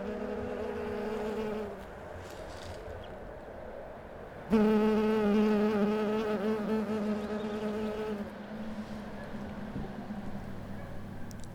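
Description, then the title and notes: Bumblebee buzzing, a low hum in two bouts, the second louder and longer. Bumblebees of the Vennivaara suburb, Rovaniemi, recorded 2021–2022 for a sound work on urban people and animals. "Puolivilli-semikesy: Kimalainen. Riikka Vuorenmaan ääniteos. on äänitetty Rovaniemellä vuosina 2021-2022. Vennivaarassa tutustutaan kaupunginosan kimalaisiin"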